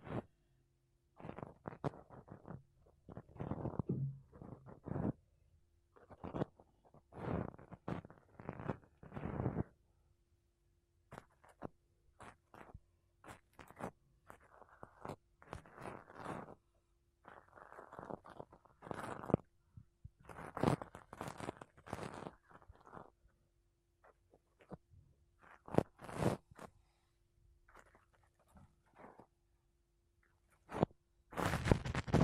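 Makeup brushes and a sponge rub across a microphone in short scratchy bursts, each lasting about a second, with brief pauses between. The strokes are bristly and crunchy, some deeper and thumping, and a faint steady hum runs underneath throughout.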